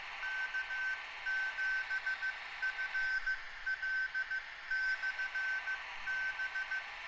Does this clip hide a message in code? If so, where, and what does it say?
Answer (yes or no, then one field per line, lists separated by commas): yes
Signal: Morse code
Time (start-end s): 0.2-6.8 s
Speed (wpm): 15 wpm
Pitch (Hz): 1550 Hz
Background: none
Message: K7FL/B